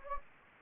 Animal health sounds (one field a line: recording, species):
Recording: mosquito wingbeat signal from an infrared sensor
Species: Anopheles gambiae